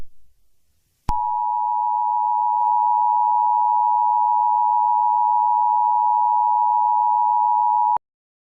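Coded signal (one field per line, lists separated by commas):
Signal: Emergency Alert System (SAME) tones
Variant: 853 and 960 Hz attention tone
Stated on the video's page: Fictional EAS scenario.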